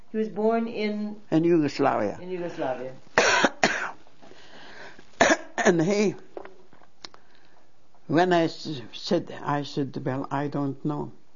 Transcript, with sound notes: He was born in...
In Yugoslavia.
In Yugoslavia.
( she coughs ) And he, when I said, I said to him, "I don't know."